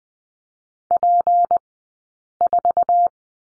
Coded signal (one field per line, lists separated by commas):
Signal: Morse code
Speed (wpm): 20 wpm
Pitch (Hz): 700 Hz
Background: none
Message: P4